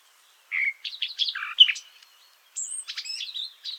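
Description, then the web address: Eurasian blackcap giving two short bursts of quick, varied high warbling notes separated by a brief pause. "sylvia atricapilla call"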